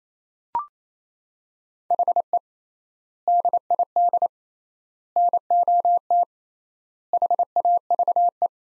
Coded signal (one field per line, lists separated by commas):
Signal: Morse code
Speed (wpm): 28 wpm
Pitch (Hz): 700 Hz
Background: none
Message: HE DID NOT HAVE